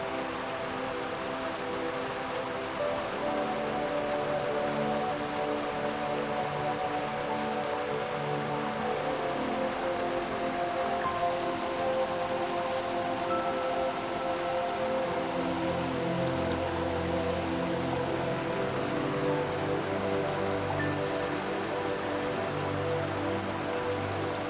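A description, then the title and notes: A steady rush of falling water runs under soft, slow music made of long held tones. The chords shift gently, with a change in the low notes near three seconds and again around fifteen, while a few brighter notes drift in above. The level stays even throughout. Infinite Waterfall & Relaxing Music In A Dreamy Scenery.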